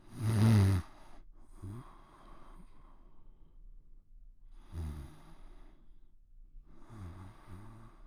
Light snores of a man sleeping.